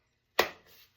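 A plastic bouquet holder is pushed into a lacy bouquet collar and snaps into place with one sharp click at 0.4 s. A faint, brief rustle follows, and the holder is seated in the collar.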